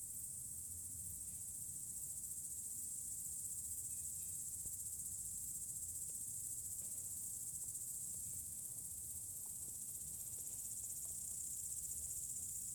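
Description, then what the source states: Cicadas keep up an even, very high shrill buzzing that never stops, over a low background hum. Several cicadas chirping in mountains.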